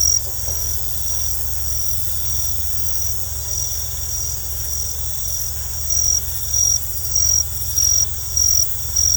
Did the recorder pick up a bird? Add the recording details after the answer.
no. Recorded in secondary vegetation near Puerto Asís, Putumayo, Colombia, on 20 December 2024 at 20:00. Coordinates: 0.468, -76.324. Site G095